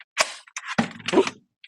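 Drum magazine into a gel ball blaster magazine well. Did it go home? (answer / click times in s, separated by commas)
no / none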